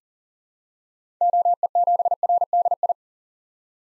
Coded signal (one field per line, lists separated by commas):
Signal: Morse code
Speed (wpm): 40 wpm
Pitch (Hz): 700 Hz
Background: none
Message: OE7RDI